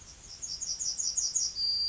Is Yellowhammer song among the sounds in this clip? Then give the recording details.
yes. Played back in grassland. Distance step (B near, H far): D. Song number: 050